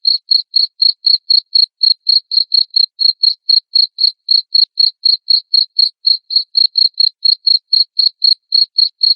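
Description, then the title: Cricket giving sharp, high chirps at a steady pace of roughly four a second, nothing else audible. Loud cricket chirping, played to make lovebirds keep singing their ngekek song. "Suara JANGKRIK NGERIK Keras Bikin LOVEBIRD Jadi NGEKEK Terus Vubey"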